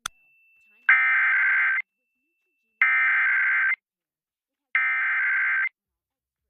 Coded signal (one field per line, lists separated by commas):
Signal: Emergency Alert System (SAME) tones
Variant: header bursts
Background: speech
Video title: EAS Special Marine Warning (KGTV, March 6, 2025)